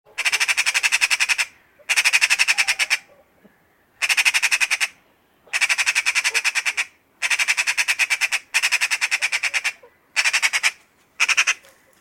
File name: Pica pica